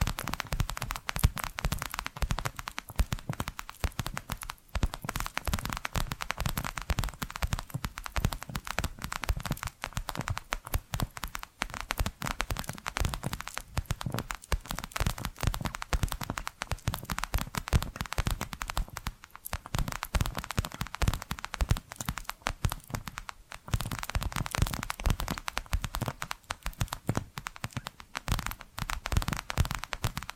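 Hypnotic tapping and scratching sounds, a dense, rapid crackle of sharp ticks running steadily for the whole stretch with only brief dips.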